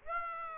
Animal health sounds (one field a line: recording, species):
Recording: mosquito wingbeat signal from an infrared sensor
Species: Aedes aegypti